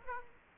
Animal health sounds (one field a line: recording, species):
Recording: mosquito wingbeat signal from an infrared sensor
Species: Aedes aegypti